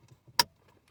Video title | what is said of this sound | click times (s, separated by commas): Vios Gen 2 Aftermarket Radio Install | yeah click push it back | 0.4 s